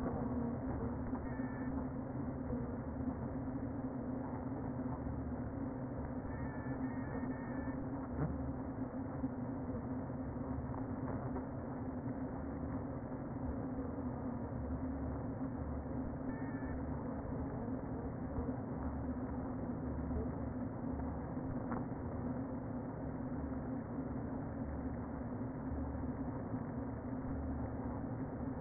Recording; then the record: honeybee colony, microphone inside the hive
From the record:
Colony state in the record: queen present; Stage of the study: before two queens were removed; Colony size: about 60,000 bees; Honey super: yes